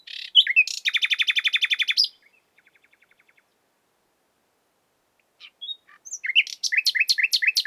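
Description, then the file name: Common nightingale song with a loud rapid rattle of repeated notes, a faint fading trill, silence, then a fresh rhythmic run of sharp chirps. "Luscinia megarhynchos"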